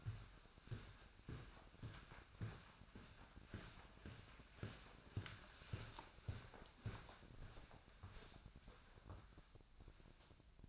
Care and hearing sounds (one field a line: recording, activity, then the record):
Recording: daily activity, microphone in the room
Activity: walk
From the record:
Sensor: 2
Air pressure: 1009.2 hPa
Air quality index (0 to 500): 181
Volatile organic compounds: 3 ppm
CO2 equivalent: 1320 ppm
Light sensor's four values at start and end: 47/121/53/58 and 48/124/53/59